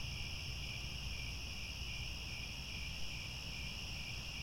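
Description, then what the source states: Crickets sing in a steady chorus, a bright high trill over a low rumbling background. Crickets chirping at twilight.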